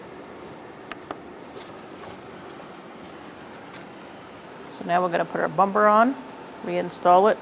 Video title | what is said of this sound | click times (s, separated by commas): How to Replace Headlights 2010-2013 Kia Soul | push until you hear the click so | 0.9 s